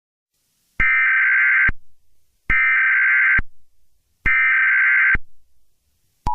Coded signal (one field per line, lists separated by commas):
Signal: Emergency Alert System (SAME) tones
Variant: header bursts